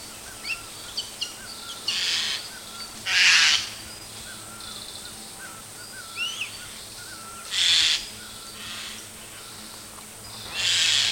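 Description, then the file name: Eurasian jay uttering repeated harsh, noisy screeches at irregular intervals, a few seconds apart, while small birds chirp and twitter briefly in the background. "Garrulus glandarius"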